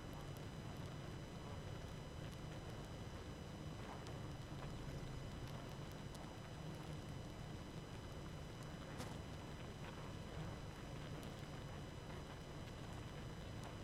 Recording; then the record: honeybee colony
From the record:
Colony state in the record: active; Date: 12 June 2018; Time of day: 20:55